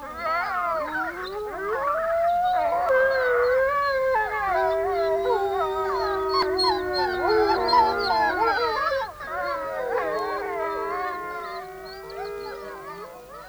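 Several wolves howl together in a sustained chorus, long wavering tones overlapping at different pitches, some rising and sliding, continuing steadily for over ten seconds with no talking.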